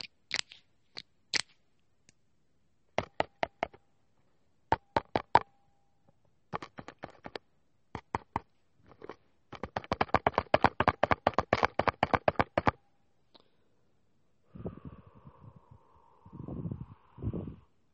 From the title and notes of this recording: Lots of tapping and much more.